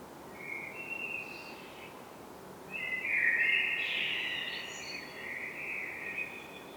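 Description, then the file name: Common blackbird giving two wavering tonal phrases: a short one early, then a longer, louder warbled stretch lasting about four seconds, over soft background hiss. "Turdus merula"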